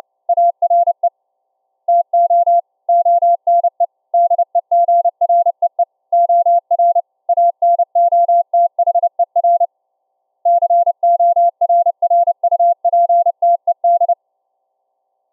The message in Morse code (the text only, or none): ARE TO ONE DEGREE OR ANOTHER CORRUPTED